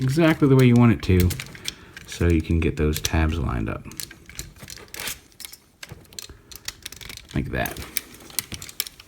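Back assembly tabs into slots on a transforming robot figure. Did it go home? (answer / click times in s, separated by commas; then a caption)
yes / 8.4 s, 8.8 s. Someone talks while lining up the tabs on the plastic back assembly of a FansToys FT-16 Sovereign transforming robot figure, then pushes them into their slots with light plastic clicks and handling taps. Sharp snaps at 8.4 s and 8.8 s mark the tabs locking in, and the whole back assembly is seated in place.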